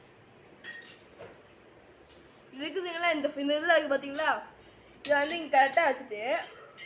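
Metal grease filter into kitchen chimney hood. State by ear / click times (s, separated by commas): not seated / none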